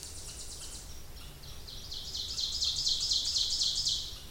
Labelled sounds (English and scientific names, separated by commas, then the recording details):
Ovenbird (Seiurus aurocapilla) song
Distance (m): 35 m
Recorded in boreal forest in Alberta, Canada, on 26 May 2016 at 08:11
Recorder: SongMeter 3, array SBT-3-15
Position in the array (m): 54 m, 222 m
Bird 20